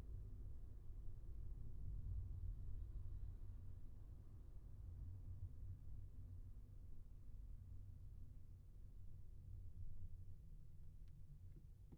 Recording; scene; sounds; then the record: everyday scene through a hearing-aid microphone; in a vehicle; engine, highway traffic jam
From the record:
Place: Skoda Fabia, gasoline engine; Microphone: behind the ear, left, front